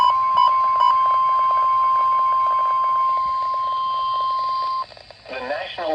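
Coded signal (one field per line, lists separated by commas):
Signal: Emergency Alert System (SAME) tones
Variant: 1050 Hz attention tone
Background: speech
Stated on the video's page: Severe weather alerts received on NOAA Weather Radio.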